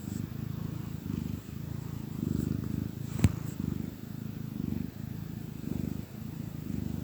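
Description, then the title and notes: Domestic cat purr, low and steady, rising and falling with each breath, interrupted once by a sharp click. Happy cat purring. "Cat Cafe and Art. Happy cat purrs"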